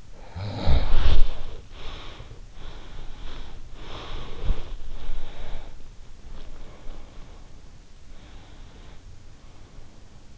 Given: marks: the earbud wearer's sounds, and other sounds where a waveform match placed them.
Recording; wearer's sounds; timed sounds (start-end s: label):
sounds in sleep by an in-ear microphone; snoring breath, breath
0.00-2.31 s: snoring breath
2.49-4.81 s: breath
4.90-7.80 s: breath
8.02-10.38 s: breath